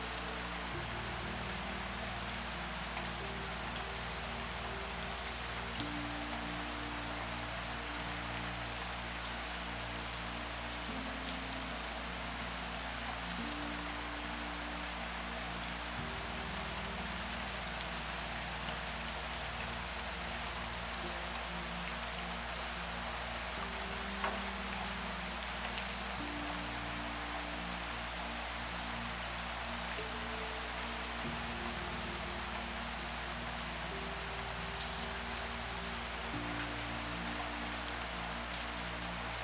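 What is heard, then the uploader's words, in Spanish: Heavy rain falls in a dense, steady hiss with scattered drop ticks, over a soft low melody of sustained tones shifting slowly. El sonido de la lluvia intensa y las melodías suaves y reconfortantes.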